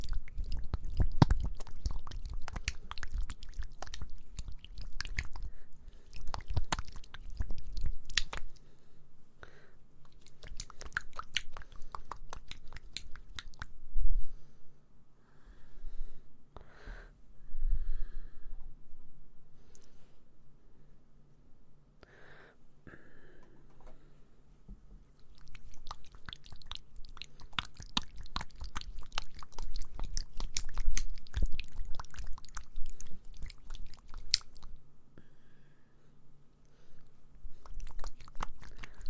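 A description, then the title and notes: ASMR mouth sounds: dense, fast crackling clicks and wet smacks fill the first 14 seconds, then thin out into sparse, softer squishes and a few low thumps until about 25 seconds. The busy clicking returns and continues to the end, over a faint low hum. ASMR Mouth Sounds Ear Cleaning.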